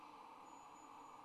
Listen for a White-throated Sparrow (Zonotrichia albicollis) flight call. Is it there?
no